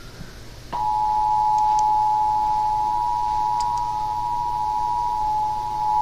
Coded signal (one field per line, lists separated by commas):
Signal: Emergency Alert System (SAME) tones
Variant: 853 and 960 Hz attention tone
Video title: 3rd National Periodic Test: KDFI (EAS #121)